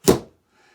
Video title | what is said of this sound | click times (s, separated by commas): Hengguan US 4x4 Military vehicle humvee ￼HG-P408 in depth video | but I mean it's the magnets there were magnets here that hold this in you can hear it click | 0.1 s